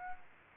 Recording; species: mosquito wingbeat signal from an infrared sensor; Aedes aegypti